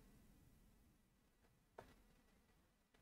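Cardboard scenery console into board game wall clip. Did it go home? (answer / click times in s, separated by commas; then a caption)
yes / 1.8 s. A cardboard console scenery piece from a board game is clipped onto the bottom of a plastic wall section in the middle of the board. Over a quiet, steady low background, a single short, sharp click sounds at 1.8 s, with a few faint soft taps around it. The piece is seated on the wall.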